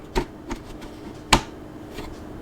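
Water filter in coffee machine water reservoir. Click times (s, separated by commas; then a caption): 1.3 s. A new water filter sits in a coffee machine's water reservoir, and its plastic top is twisted until the tab locks in place. Two softer clicks are heard at about 0.2 and 0.5 seconds before one loud, sharp click at 1.3 seconds. The filter is seated and locked.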